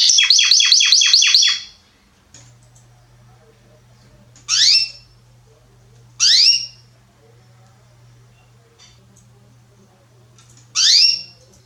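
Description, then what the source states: Belgian canary song: a fast trill of repeated chirps, then silence broken by three separate bright sweeping notes spaced a few seconds apart, with a low steady hum. Male Belgian canary named Salsa singing very strongly and a lot; used to warm up young birds.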